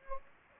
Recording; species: mosquito wingbeat signal from an infrared sensor; Anopheles gambiae